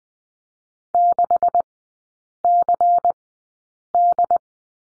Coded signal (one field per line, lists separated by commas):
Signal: Morse code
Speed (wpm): 20 wpm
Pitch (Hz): 700 Hz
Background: none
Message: 6CD